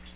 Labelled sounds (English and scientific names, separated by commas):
Tennessee Warbler (Leiothlypis peregrina) flight call